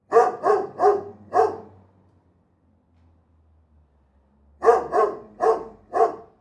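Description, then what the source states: Dog barking in two sets of four booming barks, with a faint low hum between them. Large dog barking in a backyard.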